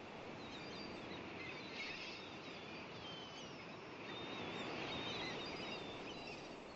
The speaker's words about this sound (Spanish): Solo esas gaviotas. Esos pajarracos. Un loop.